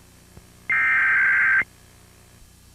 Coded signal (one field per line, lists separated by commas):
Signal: Emergency Alert System (SAME) tones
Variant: header bursts